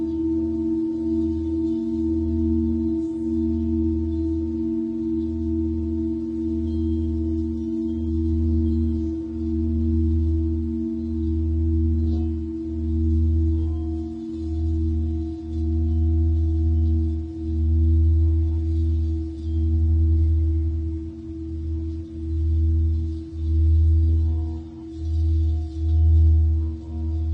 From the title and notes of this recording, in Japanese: メキシコから シンギングボウルのサウンドヒーリング ライブ。